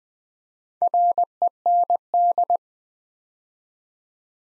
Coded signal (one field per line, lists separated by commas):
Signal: Morse code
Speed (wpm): 20 wpm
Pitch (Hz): 700 Hz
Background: none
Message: REND